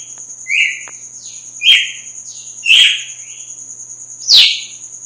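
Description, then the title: Red-cowled cardinal singing a series of whistled notes with quick downward sweeps, spaced about a second apart, with a steady high background tone. Female; sings strongly at dawn after moult. "Canto Galo Campina Fêmea 02. GALO DE CAMPINA AÇOITA FORTE NA MADRUGADA DEPOIS DA MUDA"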